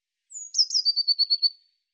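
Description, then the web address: Eurasian blue tit call: a thin, very high note sliding downward, then a quick run of several trilled notes, with a silent background. "Deverinetal"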